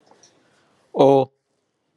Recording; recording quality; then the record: sustained vowel as in boot; excellent, no background noise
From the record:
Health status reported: COVID-19 positive, no symptoms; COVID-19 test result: positive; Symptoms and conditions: none ticked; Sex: male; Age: 30 years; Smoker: not ticked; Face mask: not worn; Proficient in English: yes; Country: India